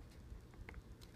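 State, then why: Seated. The plastic back shell of a rugged Seidio OBEX case for a Galaxy Note 3 is lined up with the front shell holding the phone and pressed together. Sharp snaps are heard at 0.7 s and 1.0 s as the clips engage, with a few softer ticks around them. The back shell is seated on the front.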